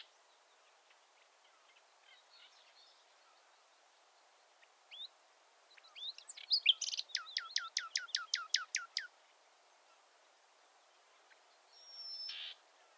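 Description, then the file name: Common nightingale song over faint hiss: long quiet stretches, then a rapid series of about ten sharp descending notes, followed later by a brief buzzy note. "Luscinia megarhynchos"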